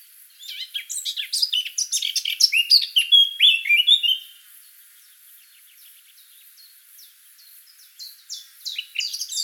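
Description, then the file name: Eurasian blackcap singing a rapid, chattering warble that rises into richer whistled notes, then a long pause and another twittering phrase starting near the end. "Sylvia atricapilla"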